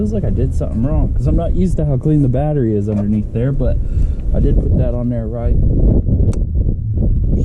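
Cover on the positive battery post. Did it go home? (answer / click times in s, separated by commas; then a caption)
yes / 6.7 s. A cover on the positive post of a battery in a 2018 Malibu is pushed down over the post while someone talks. It seats with a click at 6.7 s, followed by a few more faint taps. The cover is there to also hold the connection down in case it gets a little loose.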